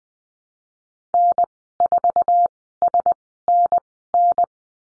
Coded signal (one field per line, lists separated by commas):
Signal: Morse code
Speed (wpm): 20 wpm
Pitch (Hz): 700 Hz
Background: none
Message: N4SNN